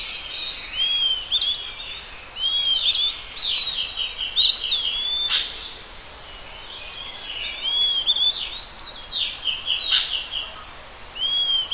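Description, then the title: Bird song of short, clear whistled upslurs and chirps, some sweeping up and down, repeated in bursts throughout over a steady high hiss. "LuckyPassaro Completos2Sama"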